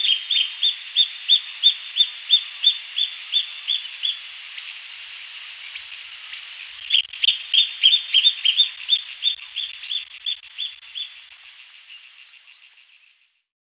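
Cutia calls: a quick string of sharp repeated notes that fades, then restarts briefly before trailing off, with some high twittering.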